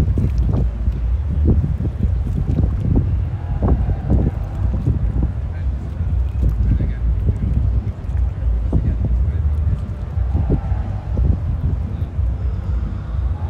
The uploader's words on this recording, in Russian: Сегодня на ночь мы включаем звук океана на фоне португальского вечера.